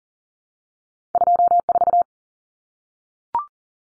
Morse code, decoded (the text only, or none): 24